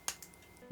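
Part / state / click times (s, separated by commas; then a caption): plastic grenade launcher slide in a model kit forearm / seated / 0.1 s. A plastic grenade launcher slide on a model kit's forearm is pulled all the way back and clicks sharply into place at 0.1 s. Fainter ticks follow at 0.2 s and 0.3 s, with a soft low bump at 0.7 s. The piece is seated.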